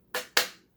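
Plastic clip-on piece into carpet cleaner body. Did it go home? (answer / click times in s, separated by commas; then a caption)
yes / 0.1 s, 0.4 s. A small plastic piece with four clamps, two on each side, is lined up at a screw hole and snapped onto the body of a Bissell ProHeat 2X Revolution Pet Pro Carpet Cleaner. Two sharp plastic clicks sound at 0.15 s and 0.37 s, the second one louder, with a faint tap near the end. The clamps seat easily with little resistance.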